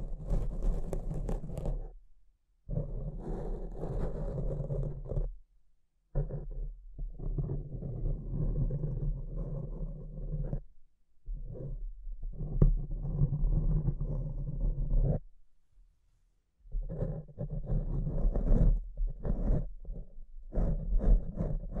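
Rough scratching and rubbing on a microphone comes in dense, low, growling bursts of a few seconds each, broken by short silences.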